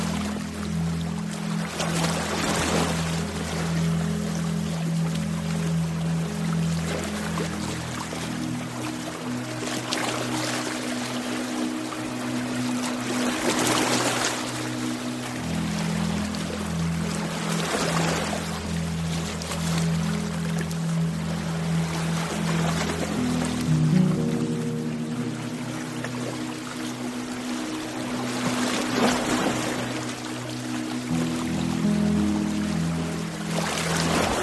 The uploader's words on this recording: Deep Ocean Sleep Ambience: Sleep Music & Ocean Waves. Ocean waves sounds and sleep-inducing music.